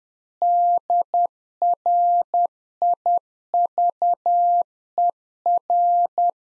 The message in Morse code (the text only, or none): DRIVER